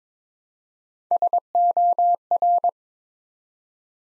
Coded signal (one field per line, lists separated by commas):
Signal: Morse code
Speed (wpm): 22 wpm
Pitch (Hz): 700 Hz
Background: none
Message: SOR